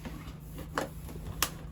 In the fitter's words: basically these guys just kind of pop into place and then they just kind of turn to lock down.